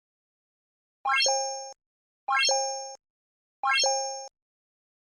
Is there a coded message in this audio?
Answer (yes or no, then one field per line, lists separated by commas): no